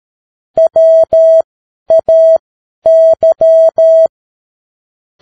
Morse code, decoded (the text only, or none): WAY